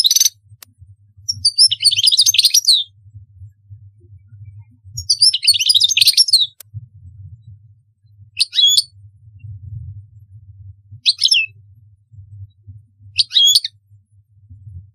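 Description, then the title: European goldfinch song: twittering bursts separated by pauses, then a few short chirped phrases, over a steady low hum. "Chant Chardonneret"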